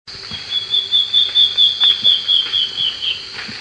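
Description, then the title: Black-faced Antbird, a series of clear whistled notes in quick even rhythm, slowly descending, with a constant high insect hum behind. Subspecies elegans. "LuckyPassaro Completos2Sama. Black-faced Antbird (Myrmoborus myotherinus elegans)"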